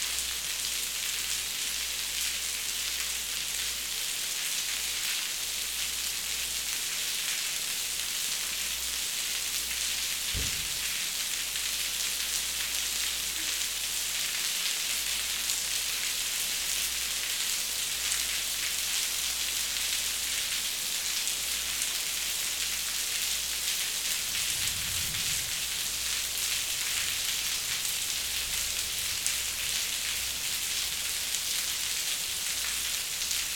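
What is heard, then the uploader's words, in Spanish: Steady, dense rain patters evenly on a hard surface for the whole clip, with a brief low thump near ten seconds and a faint rumble around twenty-five. Es un viaje sonoro que nos lleva a Sant Cugat, Riumors y Bayona. Sonido de la lluvia sobre las hojas de los árboles, sobre las plazas de las ciudades, sobre los claustros de las catedrales o sobre los paraguas.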